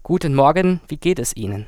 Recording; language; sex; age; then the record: spoken sentence; German; male; 20 to 29 years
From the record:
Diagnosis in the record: healthy voice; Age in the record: 26 years